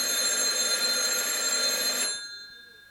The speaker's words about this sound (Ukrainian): Звініць телефон. Бэра, выключы будильник, я все одно не падымусь. Ну выключы будильник, паразіт.